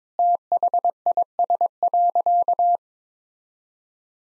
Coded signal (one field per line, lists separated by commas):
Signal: Morse code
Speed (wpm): 22 wpm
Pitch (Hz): 700 Hz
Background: none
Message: THIS.